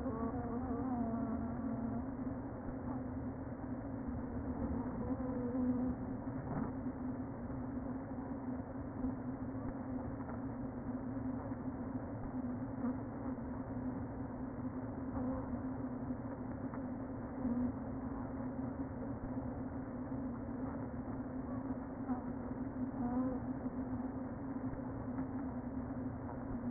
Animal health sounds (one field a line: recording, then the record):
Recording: honeybee colony, microphone inside the hive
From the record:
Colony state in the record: queen present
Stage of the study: before two queens were removed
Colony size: about 60,000 bees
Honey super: yes